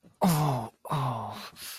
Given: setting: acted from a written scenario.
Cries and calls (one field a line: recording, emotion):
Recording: vocal sound without words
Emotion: pain